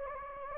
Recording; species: mosquito wingbeat signal from an infrared sensor; Anopheles gambiae